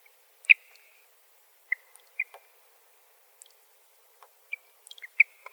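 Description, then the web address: Mountain Plover calls: scattered clipped notes with short drawn-out tails, coming irregularly with gaps of up to about two seconds, with faint clicks between them and otherwise quiet surroundings. "Shorebirds AZFO MOUP CALLS deviche"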